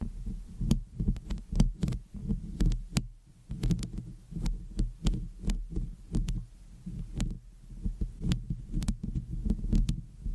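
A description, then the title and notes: Scratching on a microphone makes a thick, continuous low rumble of rubbing and thumping that swells and fades in quick bursts. Sharp, bright crackles and clicks cut through it irregularly, several per second, some in tight clusters, with no pause over the whole ten seconds. Mic Scratching - Brain Scratching on 10 Different Mics Asmr No Talking.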